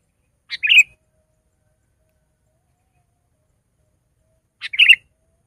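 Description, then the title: Sooty-headed bulbul giving two brief bubbly phrases about four seconds apart, with silence between. "kutilang"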